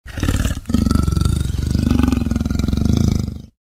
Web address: lion